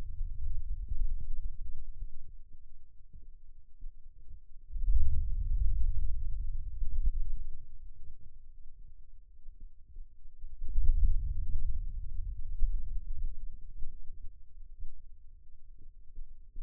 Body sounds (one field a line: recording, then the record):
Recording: forearm muscle sounds (acoustic myography)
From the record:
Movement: hand opening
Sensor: system 2, bracelet of six BSWA MPA416 microphones around the upper forearm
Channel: 1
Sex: male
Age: 22 years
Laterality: right